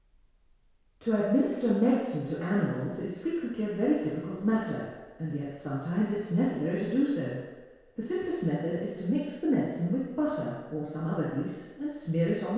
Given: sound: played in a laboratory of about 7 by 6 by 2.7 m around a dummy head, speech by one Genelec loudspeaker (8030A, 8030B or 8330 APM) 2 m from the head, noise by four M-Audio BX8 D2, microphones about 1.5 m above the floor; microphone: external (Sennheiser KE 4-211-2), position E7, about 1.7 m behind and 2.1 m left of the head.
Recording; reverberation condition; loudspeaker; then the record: female speech in English; high; 120 degrees to the left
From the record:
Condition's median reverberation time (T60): about 1300 ms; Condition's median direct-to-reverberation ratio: about -4.0 dB